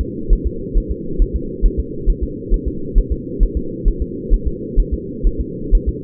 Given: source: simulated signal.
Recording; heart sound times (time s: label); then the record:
fetal heart sounds
0.01 s: S2
0.33 s: S1
0.47 s: S2
0.78 s: S1
0.91 s: S2
1.22 s: S1
1.36 s: S2
1.66 s: S1
1.79 s: S2
2.09 s: S1
2.23 s: S2
2.54 s: S1
2.68 s: S2
2.98 s: S1
3.12 s: S2
3.43 s: S1
3.57 s: S2
3.88 s: S1
4.02 s: S2
4.34 s: S1
4.47 s: S2
4.80 s: S1
4.93 s: S2
5.27 s: S1
5.40 s: S2
5.75 s: S1
5.89 s: S2
From the record:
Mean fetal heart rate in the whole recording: 130 bpm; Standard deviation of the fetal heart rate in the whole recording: 4 bpm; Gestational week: 38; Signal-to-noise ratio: -4.3 dB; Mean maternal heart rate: 72 bpm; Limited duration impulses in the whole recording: absent